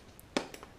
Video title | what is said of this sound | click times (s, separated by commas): Wildcard Wednesday - Plano Guide Case (Model #1450), Water Test | see if I can do it with one hand it just snaps into place a little clock there | 0.4 s